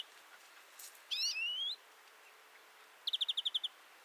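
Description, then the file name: European greenfinch: finch call: a rising, buzzy doubled whistle, then after a pause a quick run of seven dry chirps, over faint background hiss. "Chloris chloris"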